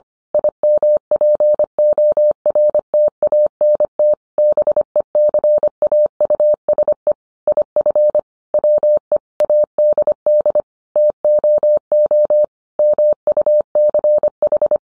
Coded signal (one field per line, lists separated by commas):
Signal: Morse code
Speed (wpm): 25 wpm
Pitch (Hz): 600 Hz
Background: none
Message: IMPORTANT BECAUSE IF WE ADD TOO MUCH